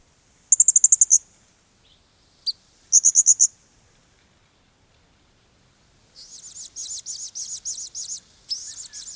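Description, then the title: Blue-crowned hanging parrot calls: two short, high, rapid trills with a sharp chip between, then a longer, slightly buzzier series of high pulsed notes running to the end. "SERINDIT"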